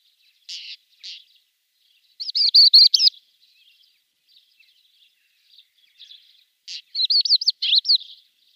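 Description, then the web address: Pied wheatear singing: two harsh notes, then a brief scratchy warble of wavering whistles, soft chatter, and a second phrase of slurred whistled notes. "Schulze Peter Pied Wheatear song"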